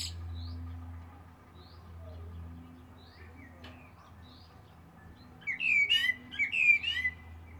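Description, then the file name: Common blackbird song phrase, a loud fluty warble with high twittering, coming after several seconds of faint high chips and a low steady hum. "Turdus merula"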